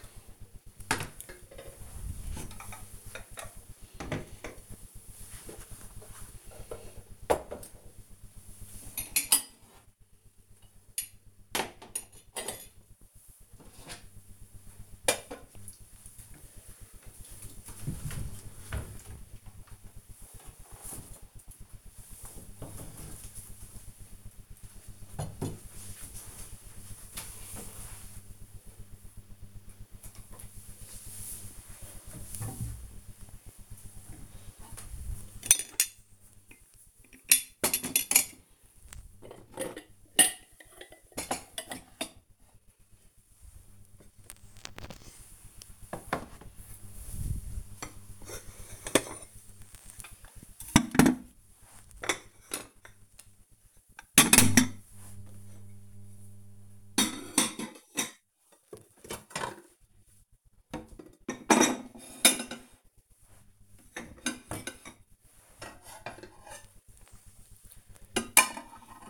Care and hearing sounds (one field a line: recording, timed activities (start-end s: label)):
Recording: household activities, microphone on the right wrist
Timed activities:
29.70-69.10 s: putting away the dishes